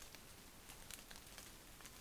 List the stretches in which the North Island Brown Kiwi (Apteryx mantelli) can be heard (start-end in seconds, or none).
none